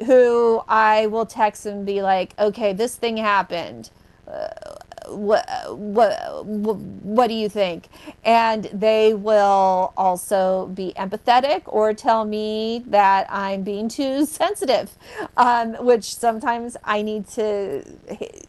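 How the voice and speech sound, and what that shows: Adult woman speaking with stuttering: a stretch of repeated part-syllables and prolonged sounds before the word 'what', then mostly fluent speech.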